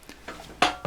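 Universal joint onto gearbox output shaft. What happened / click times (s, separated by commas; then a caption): The metal joint clunked home onto the shaft / 0.6 s. On a Moto Guzzi Le Mans 3, the motorcycle swing arm is offered up and its universal joint is aligned to the greased gearbox output shaft and pushed home, letting the rubber boot end pop into place. Faint knocks come first, then one loud metallic hit at 0.6 s as the universal joint seats on the output shaft, followed by a smaller knock.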